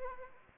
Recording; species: mosquito wingbeat signal from an infrared sensor; Anopheles arabiensis